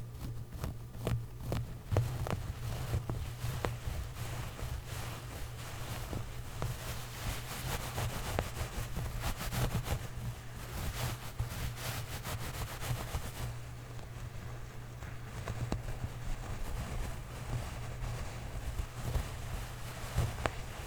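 Clothes scratch and rustle in a dense run of rough, crackling strokes, busiest through the first thirteen seconds and thinning after that. A steady low hum sits underneath the whole time, like an engine or wind rumble.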